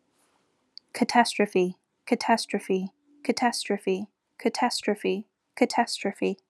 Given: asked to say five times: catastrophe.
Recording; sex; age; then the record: repeated word; female; 20 to 29 years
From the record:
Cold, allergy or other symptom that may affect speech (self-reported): no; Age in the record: 28 years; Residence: Texas, United States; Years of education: 15